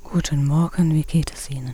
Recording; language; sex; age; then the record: spoken sentence; German; female; 50 to 59 years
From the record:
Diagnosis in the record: recurrent laryngeal nerve paralysis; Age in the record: 57 years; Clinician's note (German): Idiopatische Form, beidseitig